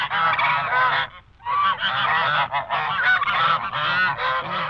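Geese and ducks in a noisy flock, loud overlapping nasal honks and cackles running almost without break, one short lull after the first second.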